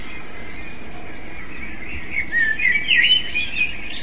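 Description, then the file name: Eurasian blackbird delivering one rich warbling phrase after a quiet start, ending in sharp high chattering notes. "merle"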